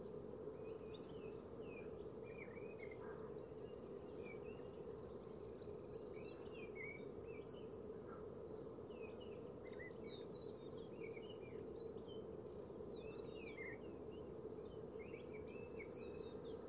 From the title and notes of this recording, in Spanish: Campos de viñas. Los viñedos albergan una gran biodiversidad como podemos comprobar en este paisaje sonoro.